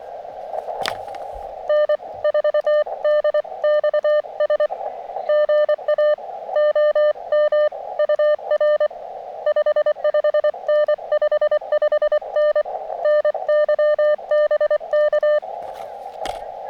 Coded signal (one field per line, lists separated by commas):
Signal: Morse code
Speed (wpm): 24 wpm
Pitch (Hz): 600 Hz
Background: none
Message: N4DXS GA OM UR 55N 55N NY BK